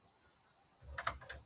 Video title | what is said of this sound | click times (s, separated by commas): Part 5 the Lego Titanic build continues | one into there. Push it down. You go. That locks into place. | 1.1 s